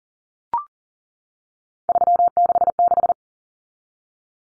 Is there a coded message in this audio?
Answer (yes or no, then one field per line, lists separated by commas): yes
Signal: Morse code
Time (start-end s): 1.9-3.1 s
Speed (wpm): 40 wpm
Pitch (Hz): 700 Hz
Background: none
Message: 366